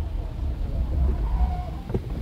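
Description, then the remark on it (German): A car engine rumbles low and steady as the car rolls to a stop and parks behind an airplane, with a faint rising whine in the middle and a short soft knock just before it ends. “Ich parke den Wagen da hinter der Maschine.”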